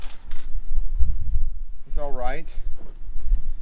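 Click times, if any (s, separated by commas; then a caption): none. Someone handles the fold-down jump seat in the cab of a 1993 Ford Lightning truck, trying to lock its latch into the mount, with low rustling and thumping handling noise while someone talks. The jump seat fails to lock into place, and nothing has seated or clicked yet.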